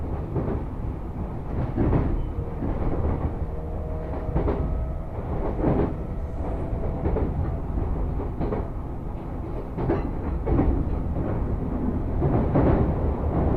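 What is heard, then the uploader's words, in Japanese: Inside a moving train, a steady low rumble carries repeated wheel clacks every second or two, with faint tonal whines from the motors. 耳で楽しむ鉄道旅 武蔵小杉→二俣川→大和。武蔵小杉からは相鉄直通線で羽沢横浜国大を通りながら二俣川まで移動し、特急に乗り換えて大和へと向かいます。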